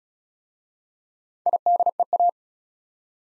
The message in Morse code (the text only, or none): IDEA